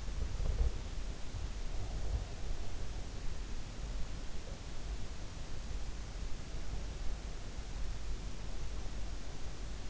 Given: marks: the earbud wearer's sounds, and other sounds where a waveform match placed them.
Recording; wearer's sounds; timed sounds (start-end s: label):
sounds in sleep by an in-ear microphone; body movement
0.00-2.76 s: body movement